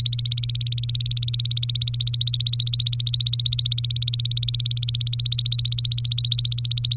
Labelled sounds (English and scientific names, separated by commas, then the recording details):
Domestic Canary (Serinus canaria) song
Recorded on 3 May 2018 at 12:34
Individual llb3